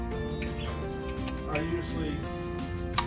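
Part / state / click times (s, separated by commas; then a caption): torque wrench tightening a bolt on a car restoration / torque reached / 3.0 s. A torque wrench set to 15 ft-lb tightens a bolt on a 1973 Triumph TR6 under restoration, over a steady background of music while someone talks. Faint ticks come at about 0.4 s and 1.3 s, then the wrench gives a sharp click at 3.0 s, confirming it has reached its torque setting.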